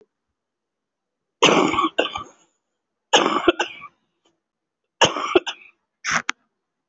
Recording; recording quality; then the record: shallow voluntary cough; excellent, no background noise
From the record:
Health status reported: respiratory illness, not identified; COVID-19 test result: negative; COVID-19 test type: RT-PCR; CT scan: not taken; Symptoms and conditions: breathing difficulty, asthma, pneumonia, another respiratory illness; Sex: male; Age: 30 years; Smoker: no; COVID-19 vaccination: none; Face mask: worn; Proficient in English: no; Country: India